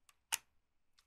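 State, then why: Seated. A USB cable is plugged into the port on the bottom of a Shining3D Einstar handheld 3D scanner. A sharp, bright click at 0.3 s stands out, with faint small ticks near 0.1 s and 1.0 s. The cable is seated, and the scanner's light turns blue as it connects.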